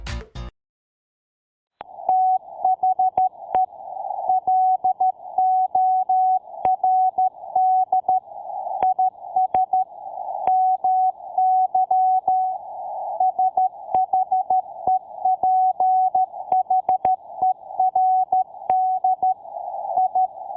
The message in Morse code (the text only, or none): THE LORD IS MY SHEPHERD I